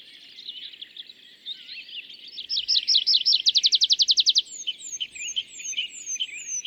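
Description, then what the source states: Tree pipit song: varied twittering notes building into a fast run of loud repeated trills, then drawn-out descending sweet notes at the end. Displaying tree pipit days back from migration, singing atop isolated tree by meadow, sometimes rising then parachuting down; La Sarcena, Val Drôme, France, 27 April 2020; Nagra Seven, MKH40.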